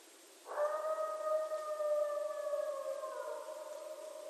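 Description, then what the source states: Coyote howl: a single long, fairly steady note that starts abruptly and holds to the end, with higher overtones. Coyotes recorded at night on 14 January 2012.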